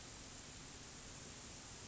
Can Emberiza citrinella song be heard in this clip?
no